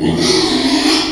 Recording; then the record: squeal of a Yucatan mini pig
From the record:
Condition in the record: after surgery on the right vocal fold (resection and tissue-engineered implant); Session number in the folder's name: 2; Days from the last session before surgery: 13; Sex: male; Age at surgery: 12 weeks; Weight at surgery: 13 kg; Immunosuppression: cyclosporine, prednisolone